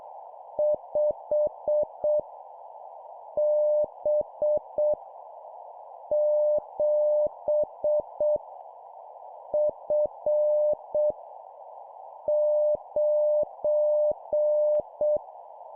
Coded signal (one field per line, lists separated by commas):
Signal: Morse code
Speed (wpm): 6 wpm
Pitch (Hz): 600 Hz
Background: none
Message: 5 B 7 F 9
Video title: 7wpm Random Letter Number, CW morse code Copy Speed improvement